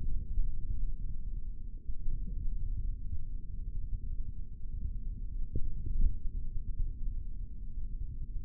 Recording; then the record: forearm muscle sounds (acoustic myography)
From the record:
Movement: index flexion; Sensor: system 3, bracelet of six PUI Audio POM-2738L microphones around the upper forearm, with dedicated amplification and filtering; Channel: 3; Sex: male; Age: 23 years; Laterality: right